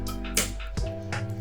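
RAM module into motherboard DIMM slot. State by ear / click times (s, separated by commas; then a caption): seated / 0.4 s. A Viper memory RAM module is pressed into a motherboard DIMM slot until its plastic retention latches snap shut, with the loudest sharp click at 0.4 s. Several softer taps and clicks come before and after it over a steady, tonal music-like background. The module is seated.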